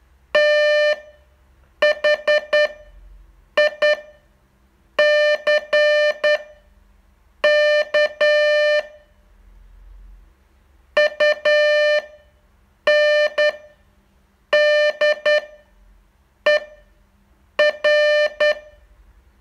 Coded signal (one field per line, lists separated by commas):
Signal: Morse code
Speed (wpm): 10 wpm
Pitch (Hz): 600 Hz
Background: none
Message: THICK UNDER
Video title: Learn Morse in 42 Days from VU2LAU - day 38 test2